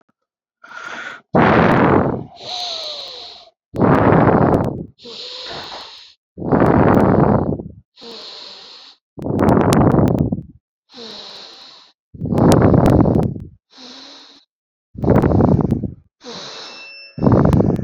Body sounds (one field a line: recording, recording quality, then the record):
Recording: deep breathing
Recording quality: excellent, no background noise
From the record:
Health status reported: exposed to COVID-19, no respiratory illness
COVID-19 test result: negative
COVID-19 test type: RT-PCR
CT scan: taken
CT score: 5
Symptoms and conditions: none ticked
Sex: male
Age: 36 years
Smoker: yes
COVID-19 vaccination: one dose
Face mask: not worn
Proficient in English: yes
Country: India